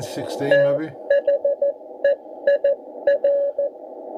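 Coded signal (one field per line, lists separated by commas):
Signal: Morse code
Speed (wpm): 13 wpm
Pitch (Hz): 560 Hz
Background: speech, radio noise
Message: THEIR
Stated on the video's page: CW on the 80 m band, 3.500–3.800 MHz, received on a Tecsun S2200-x with end-fed antenna and internal loop.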